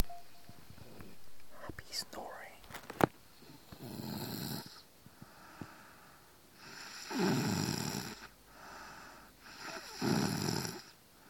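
Rough, rattling snores from an adult sleeper recur about every three seconds, roughly 20 breaths a minute, with quiet gaps between.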